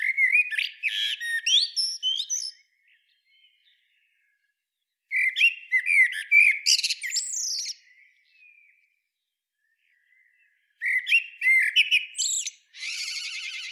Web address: SETE data Turdus merula